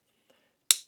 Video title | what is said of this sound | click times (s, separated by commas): FINALLY Got This Done! DIY PV Junction Box for My Solar Setup | and and then snap right into the drail. | 0.7 s